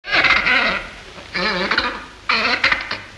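Penguin braying: three loud, harsh, harmonic bursts, each under a second long.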